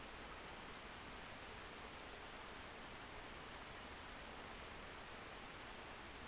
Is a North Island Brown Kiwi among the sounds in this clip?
no